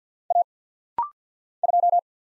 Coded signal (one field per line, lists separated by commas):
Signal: Morse code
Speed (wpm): 50 wpm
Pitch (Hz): 700 Hz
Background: none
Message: A 2